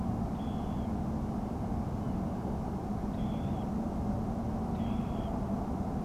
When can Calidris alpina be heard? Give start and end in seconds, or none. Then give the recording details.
0.35-0.87, 3.12-3.66, 4.73-5.31. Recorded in France